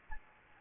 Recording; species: mosquito wingbeat signal from an infrared sensor; Aedes aegypti